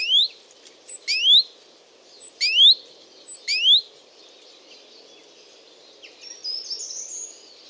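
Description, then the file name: Great tit calls, a few sharp rising high notes in quick pairs or triplets in the first four seconds, then fainter high twitters. "Parus major"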